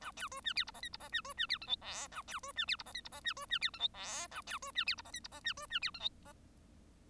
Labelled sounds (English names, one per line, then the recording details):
Bengalese Finch song
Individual Bird1